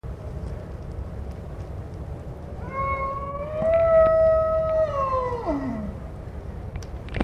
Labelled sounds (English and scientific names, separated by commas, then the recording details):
Wapiti (Cervus canadensis) rut call
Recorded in captivity
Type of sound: rut call
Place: Tierpark Berlin, Berlin, DE
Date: 1965-09-22 17:00
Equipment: Grundig TK 1 Luxus, Transistorverstärker 1, GDM
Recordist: Tembrock, Günter
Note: Altai-Maral. Brunftruf. Aufnahmezeit: 17.00-20.00 Uhr